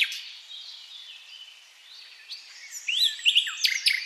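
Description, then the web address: Common nightingale giving quiet warbling at first, then louder choppy chirps and clicks toward the end. "SETE data Luscinia megarhynchos"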